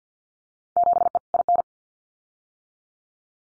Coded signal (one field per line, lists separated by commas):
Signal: Morse code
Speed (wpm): 50 wpm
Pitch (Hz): 700 Hz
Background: none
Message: 7E IN